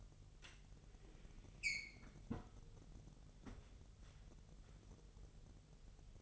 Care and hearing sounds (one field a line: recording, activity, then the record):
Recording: daily activity, microphone in the room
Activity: close fridge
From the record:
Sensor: 4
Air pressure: 989.2 hPa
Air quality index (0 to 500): 224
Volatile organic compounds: 82 ppm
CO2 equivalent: 3622 ppm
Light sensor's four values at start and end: 25/88/32/34 and 26/91/33/35